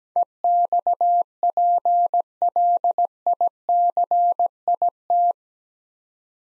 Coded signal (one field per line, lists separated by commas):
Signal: Morse code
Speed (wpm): 17 wpm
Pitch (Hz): 700 Hz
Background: none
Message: EXPLICIT